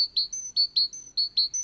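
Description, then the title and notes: Great tit with three quick repeats of a sharp, high three-note phrase. "Talitiainen."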